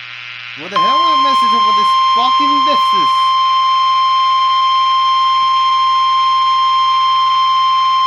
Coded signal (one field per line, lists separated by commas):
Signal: Emergency Alert System (SAME) tones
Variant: 1050 Hz attention tone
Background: speech